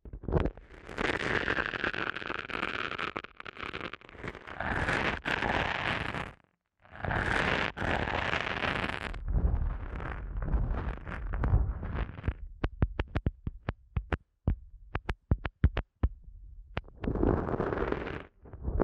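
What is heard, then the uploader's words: An ASMR eardrum massage of dense rubbing and scratching, full and rough for the first twelve seconds with short pauses near 6.5 and 9 seconds. After that come sharp clicking taps in quick bursts, then the rubbing returns near the end. ASMR Sensitive Eardrum Massage.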